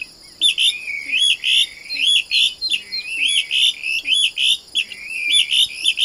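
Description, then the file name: Blackish rail calling in a rapid series of sharp squealed phrases, with a steady high-pitched tone running underneath. "canto da saracura do banhado"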